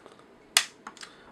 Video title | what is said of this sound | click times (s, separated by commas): Transformers Legacy Motormaster reveiw | I'll do it again you guys can actually there's an audible clip that you guys can hear whenever they do get locked into place | 0.6 s